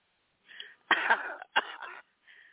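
Two short, forceful coughs about half a second apart, framed by softer breathy sounds, with the thin, muffled quality of a phone line. A voluntary cough, given on request, from an adult with chest congestion; the cough sounds better.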